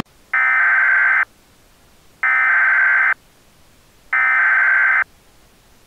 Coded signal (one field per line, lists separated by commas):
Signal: Emergency Alert System (SAME) tones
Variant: header bursts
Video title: (EAS Mock) Cheeseland Chaos